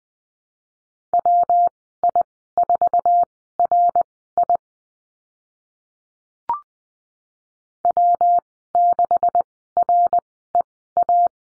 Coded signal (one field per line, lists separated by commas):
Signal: Morse code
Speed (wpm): 20 wpm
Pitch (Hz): 700 Hz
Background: none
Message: WI4RI W6REA